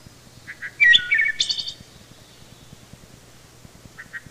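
Wood thrush singing a couple of soft notes, then a rich flute-like phrase ending in a high shimmering trill; a faint soft note pair follows near the end.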